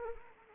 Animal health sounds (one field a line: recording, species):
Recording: mosquito wingbeat signal from an infrared sensor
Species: Anopheles arabiensis